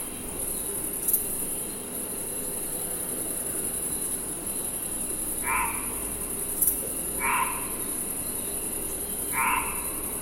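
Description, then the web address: Insects trilling in an unbroken high-pitched drone, with three brief lower chirps near the end and a steady low hiss underneath. Insects at night. "insects night loopable"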